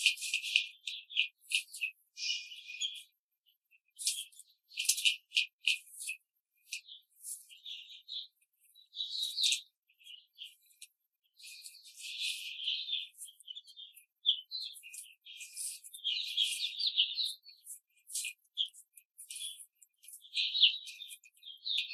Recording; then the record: young laying hens in a cage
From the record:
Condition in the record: control cage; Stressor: none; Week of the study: 5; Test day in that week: 1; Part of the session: 2